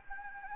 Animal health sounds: mosquito wingbeat signal from an infrared sensor; Anopheles gambiae

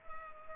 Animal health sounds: mosquito wingbeat signal from an infrared sensor; Culex pipiens

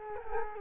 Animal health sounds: mosquito wingbeat signal from an infrared sensor; Culex quinquefasciatus

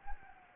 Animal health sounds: mosquito wingbeat signal from an infrared sensor; Anopheles gambiae

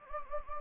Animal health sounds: mosquito wingbeat signal from an infrared sensor; Anopheles gambiae

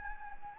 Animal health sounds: mosquito wingbeat signal from an infrared sensor; Anopheles gambiae

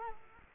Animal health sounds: mosquito wingbeat signal from an infrared sensor; Culex quinquefasciatus

